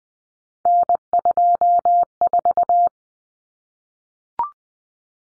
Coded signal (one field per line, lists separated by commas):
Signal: Morse code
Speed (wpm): 20 wpm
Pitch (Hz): 700 Hz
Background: none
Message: N24